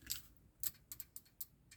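On a DeAgostini 1:4 scale Yamaha YZR M1 model motorcycle, the plastic and metal gear-shift lever linkage, just screwed in place, is worked by hand. Short, bright ticks sound at about 0.1, 0.7 and 1.0 seconds. Crisp clicks at 0.9 and 1.4 seconds mark the lever seating into its gear detents, showing the shift works as it should.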